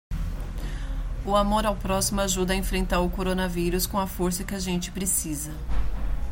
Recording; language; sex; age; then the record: spoken sentence; Brazilian Portuguese; female; 40 to 49 years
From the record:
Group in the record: control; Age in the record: 48 years